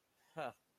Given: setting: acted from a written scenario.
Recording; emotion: vocal sound without words; contempt